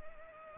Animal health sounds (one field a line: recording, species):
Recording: mosquito wingbeat signal from an infrared sensor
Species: Culex pipiens